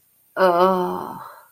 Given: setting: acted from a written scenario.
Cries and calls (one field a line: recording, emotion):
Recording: vocal sound without words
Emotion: ecstasy